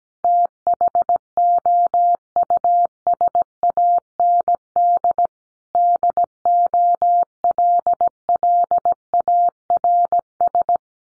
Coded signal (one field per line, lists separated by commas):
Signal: Morse code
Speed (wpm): 17 wpm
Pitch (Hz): 700 Hz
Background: none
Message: THOUSAND DOLLARS